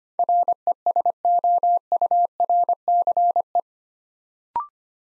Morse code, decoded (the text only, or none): RESOURCE